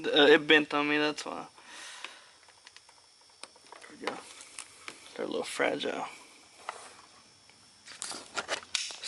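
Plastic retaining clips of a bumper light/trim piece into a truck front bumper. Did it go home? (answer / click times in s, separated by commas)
yes / 8.8 s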